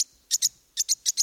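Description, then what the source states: Lovebird giving high, thin chirps in quick pairs, two bursts close together then a short pause, repeated several times. One of nine species of small parrots native to Africa, kept as pets; pairs snuggle close and preen each other's head and neck with red bills, part of courtship.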